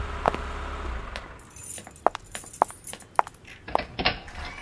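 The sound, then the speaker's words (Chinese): Keys jingle and clink as the door of an empty, unrenovated villa is unlocked, a string of sharp metallic ticks and rattles arriving at uneven intervals over a low background hum, with no voices. “他将车开到李寻指定的地点，李寻掏钥匙开门。”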